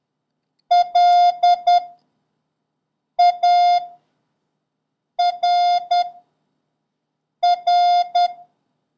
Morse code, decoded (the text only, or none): LARR